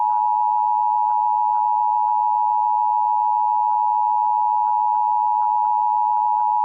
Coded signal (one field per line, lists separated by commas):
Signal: Emergency Alert System (SAME) tones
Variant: 853 and 960 Hz attention tone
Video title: EAS amber alert for 8 year old girl in Texas